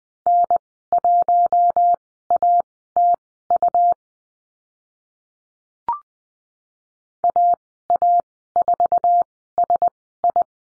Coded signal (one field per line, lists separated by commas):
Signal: Morse code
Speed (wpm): 20 wpm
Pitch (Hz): 700 Hz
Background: none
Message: N1ATU AA4SI